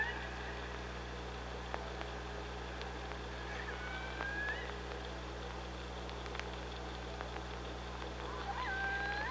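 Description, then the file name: Orca calls, two tonal squeals with a bending pitch, one in the middle and one near the end, among faint clicks and a steady low hum. OrcaLab underwater hydrophone, 24 August 2017 at 05:29. "Orca Lab UTLN JASON 20170824 052923"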